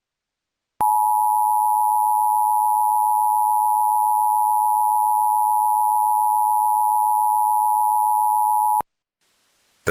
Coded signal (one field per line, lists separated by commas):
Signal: Emergency Alert System (SAME) tones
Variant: 853 and 960 Hz attention tone